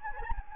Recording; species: mosquito wingbeat signal from an infrared sensor; Anopheles gambiae